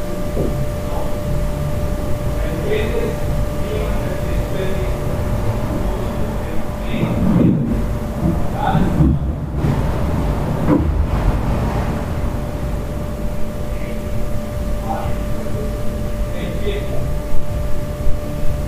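Hostel room sounds: a steady low rumble and a fixed whine underneath, with muffled voices and scattered knocks, thickest around seconds eight to eleven.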